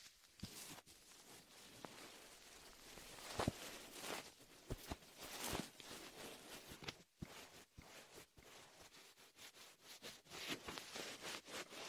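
Latex ear massage with shaving foam: dense, crackling squelches and rubbing strokes in uneven bursts, with sharp snaps near three and a half seconds.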